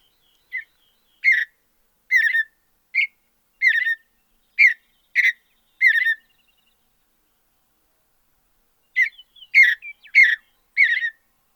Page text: Andrew Spencer - Голубая сиалия (Sialia currucoides)